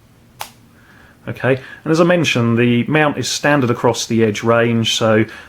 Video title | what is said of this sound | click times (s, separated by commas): Garmin Edge 1000 Unboxing & Overview | twist it through 90 degrees and you can hear it click firmly into place | 0.4 s